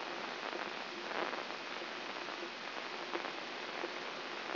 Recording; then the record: brain microelectrode recording played as sound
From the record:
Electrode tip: inside the subthalamic nucleus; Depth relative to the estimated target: 3 mm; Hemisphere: right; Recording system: AlphaMap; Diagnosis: Parkinson's disease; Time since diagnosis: 11 years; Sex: female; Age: 52 years